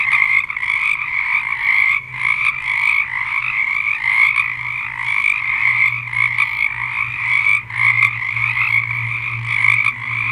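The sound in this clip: Frogs croak in a dense trilling chorus with a few brief dips in loudness, over a faint steady low hum.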